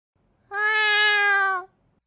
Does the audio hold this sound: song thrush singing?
no